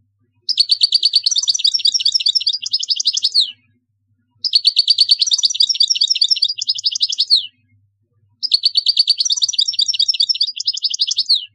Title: Chant Chardonneret